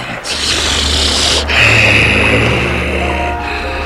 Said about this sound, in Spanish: A pesar de los horribles rugidos y alaridos, ninguna luz se encendió en las casas.